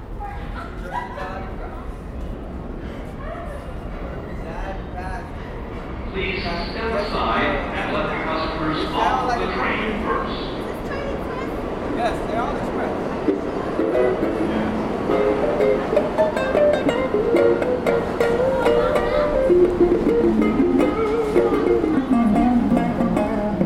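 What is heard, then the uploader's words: A busy subway station hums with a dense, steady wash of crowd chatter and low rumble, swelling louder after about six seconds. In the second half, a guitarist's plucked notes rise out of the din, ringing clearer toward the end amid scattered clicks and footsteps. New York City Columbus Circle Station ambience with guitarist playing.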